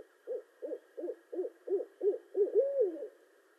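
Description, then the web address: Barred owl hooting: a series of about seven short, even hoots roughly every third of a second, ending in a longer drawn-out, wavering hoot. Recorded 18 March 2012. "sounds birds Barred Owl 2012 03 18 Barred Owl"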